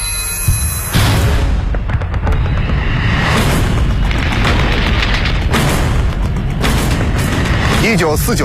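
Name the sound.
distant rumbling artillery fire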